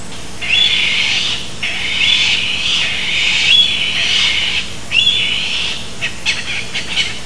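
Bird calls, harsh buzzy bursts each opening with a thin whistled note, repeated four times about every second and a half over a steady hiss.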